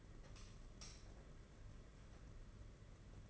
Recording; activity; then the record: daily activity, microphone in the room; light on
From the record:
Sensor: 4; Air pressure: 992.7 hPa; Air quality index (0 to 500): 167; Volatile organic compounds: 231 ppm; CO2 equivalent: 4308 ppm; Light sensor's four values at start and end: 4/8/3/3 and 4/9/4/4